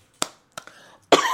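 Three quick, harsh cough bursts from an adult in just over a second: a brief coughing fit.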